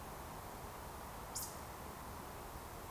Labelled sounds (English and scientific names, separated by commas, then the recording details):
Eurasian Woodcock (Scolopax rusticola) whistle
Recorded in Baden-Württemberg, Germany, on 14 June 2020 at 20:15 UTC
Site 43791, 788 m above sea level